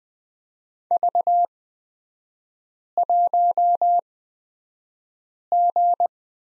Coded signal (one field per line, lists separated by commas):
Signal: Morse code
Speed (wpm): 20 wpm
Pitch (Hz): 700 Hz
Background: none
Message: V1G